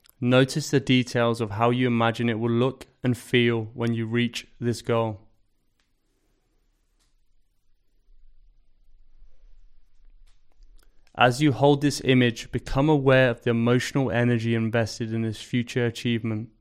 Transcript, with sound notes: Notice the details of how you imagine it will look and feel when you reach this goal. [Pause 10 seconds] As you hold this image, become aware of the emotional energy invested in this future achievement.